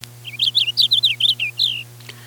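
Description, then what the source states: Purple Finch song: a quick, rich warble of bright, slurred notes, ending in a longer downslurred note, over a steady low electrical hum. From a radio broadcast dated 9 May 1988.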